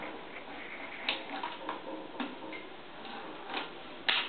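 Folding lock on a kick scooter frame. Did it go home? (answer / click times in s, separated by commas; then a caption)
yes / 4.1 s. After the release button is pressed, the folding lock on an alloy kick scooter frame is pushed back into position. Several small ticks and knocks sound around 1.1, 1.7 and 2.2 seconds. A sharp, louder click at 4.1 seconds marks the lock latching into place.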